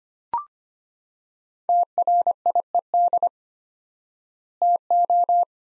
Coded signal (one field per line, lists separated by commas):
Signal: Morse code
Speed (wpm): 25 wpm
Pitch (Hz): 700 Hz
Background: none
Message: TRIED TO